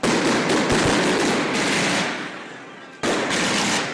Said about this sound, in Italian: Raudi, fontane, bengala, fischioni, petardi o castagnole, in una parola i botti.